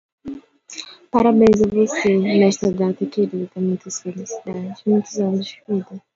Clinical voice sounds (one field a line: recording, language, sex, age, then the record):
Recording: short text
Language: Brazilian Portuguese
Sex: female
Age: 18 to 19 years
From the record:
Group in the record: control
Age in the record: 18 years